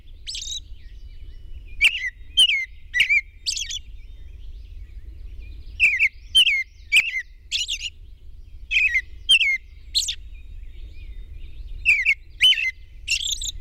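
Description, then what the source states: Robin song delivered in separated clusters of clicks, falling whistles and high scratchy notes, with pauses between clusters and a low rumble throughout. At dawn on 21 June 2001.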